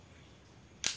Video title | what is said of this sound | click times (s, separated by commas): Cara Pemasangan Pard NV007V Terbaru Secara Detail | Masukkan dulu, lalu putar ke kanan sampai terdengar bunyi klik. | 0.9 s